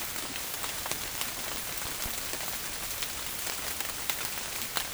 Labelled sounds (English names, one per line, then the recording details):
none
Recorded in dense forest near Puerto Asís, Putumayo, Colombia, on 30 June 2025 at 13:00
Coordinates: 0.503, -76.323
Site G059